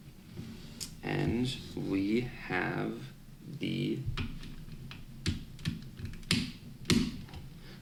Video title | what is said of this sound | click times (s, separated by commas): Unboxing Power Rangers Legacy Ninja Megazord and Falconzord | this kind of clip clicks back into place like that | 0.8 s